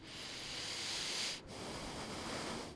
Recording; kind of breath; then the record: one breath in and out by a microphone near the nose and mouth; deep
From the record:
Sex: male